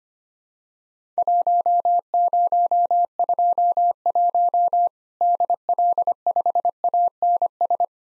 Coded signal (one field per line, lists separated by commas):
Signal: Morse code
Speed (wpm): 25 wpm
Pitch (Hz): 700 Hz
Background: none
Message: 1021 DL5ANS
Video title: Worked All Europe DX Contest QTC Exchange 25wpm